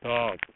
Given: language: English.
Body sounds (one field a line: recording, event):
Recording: throat vibration sensor signal played as sound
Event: speech